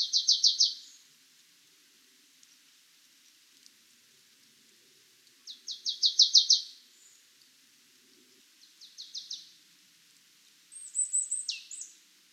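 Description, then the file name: Marsh tit calls: short bursts of rapid buzzy notes, three runs of three to six, then a sharp higher chattering phrase near the end. "Poecile palustris"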